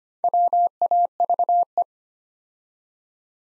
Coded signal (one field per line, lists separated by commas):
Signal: Morse code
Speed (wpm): 25 wpm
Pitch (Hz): 700 Hz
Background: none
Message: WAVE